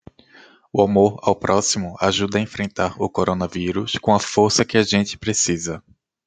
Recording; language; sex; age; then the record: spoken sentence; Brazilian Portuguese; male; 30 to 39 years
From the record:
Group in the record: control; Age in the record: 32 years